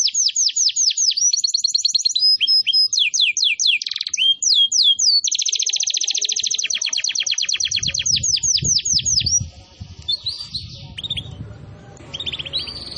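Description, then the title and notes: Canary singing a long, varied song: sweeping whistled notes and rapid high trills that change pace, fading into softer chirps over a low rumbling background. Canary song used as a lure to attract birds. "Pikat Burung Baru. kenari"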